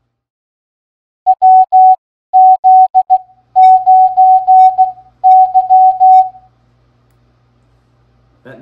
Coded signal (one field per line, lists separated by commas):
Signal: Morse code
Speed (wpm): 16 wpm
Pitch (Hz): 750 Hz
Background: none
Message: WZ9Y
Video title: Game Time! Morse Code Practice is now a game. Can you beat our scores? Don’t miss the loser’s prize!